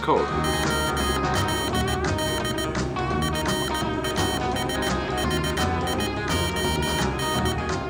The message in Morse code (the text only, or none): OLD FASHION